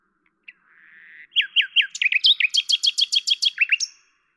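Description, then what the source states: Common nightingale song: a low soft swelling note, then a fast series of many loud, clear repeated notes. At Lavours, France, on 10 May 1998; Tascam DAP-1 with Télingua microphone, edited in Samplitude 5.1.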